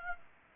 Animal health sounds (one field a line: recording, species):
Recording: mosquito wingbeat signal from an infrared sensor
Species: Aedes aegypti